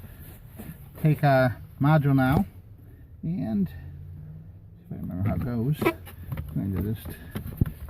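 Someone talks while handling the heated seat electronic control module of a 2007-up Ford Expedition/Lincoln Navigator, getting ready to slide it back up into its mounting slot in the bracket under the vehicle seat. A few faint, brief handling taps are heard around 7.6–7.9 s. The module has not seated or clicked into place yet.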